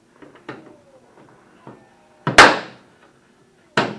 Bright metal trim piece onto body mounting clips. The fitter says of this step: pop onto these clips hear that